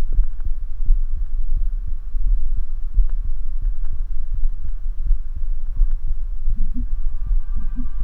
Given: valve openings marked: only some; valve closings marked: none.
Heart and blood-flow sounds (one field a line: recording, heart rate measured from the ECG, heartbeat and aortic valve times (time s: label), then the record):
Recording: heart sounds by stethoscope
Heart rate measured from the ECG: 84 bpm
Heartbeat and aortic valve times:
0.17 s: heartbeat (ECG mark)
0.20 s: aortic valve opens (echo mark)
0.88 s: heartbeat (ECG mark)
1.59 s: heartbeat (ECG mark)
2.29 s: heartbeat (ECG mark)
2.34 s: aortic valve opens (echo mark)
2.96 s: heartbeat (ECG mark)
3.64 s: heartbeat (ECG mark)
4.36 s: heartbeat (ECG mark)
5.08 s: heartbeat (ECG mark)
5.79 s: heartbeat (ECG mark)
5.83 s: aortic valve opens (echo mark)
6.52 s: heartbeat (ECG mark)
7.29 s: heartbeat (ECG mark)
7.34 s: aortic valve opens (echo mark)
8.02 s: heartbeat (ECG mark)
From the record:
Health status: healthy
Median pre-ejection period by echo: 50 ms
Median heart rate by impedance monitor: 78 bpm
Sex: male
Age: 19 years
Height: 171 cm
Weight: 62 kg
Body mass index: 21.20